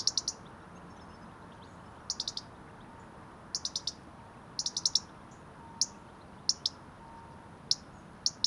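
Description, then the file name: European robin giving sharp, high ticking calls singly or in quick clusters of up to five, at irregular intervals, over a soft steady background hiss. "Erithacus rubecula"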